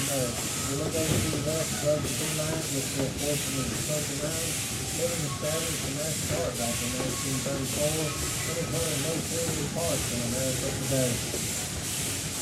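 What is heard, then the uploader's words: A steam locomotive chugs steadily, its hissing exhaust puffing in quick, even bursts about twice a second, with murmuring voices underneath throughout. Climb aboard this charming 1930s steam locomotive that once traversed the mountains between Alaska and the Yukon. Listen to the chugging of the train engine and rhythmic clatter of wheels on steel rails. The lush scenic woods and rolling hills of Tennessee blur past as you hitch a ride on the pride of Pigeon Forge at this Dollywood amusement park staple.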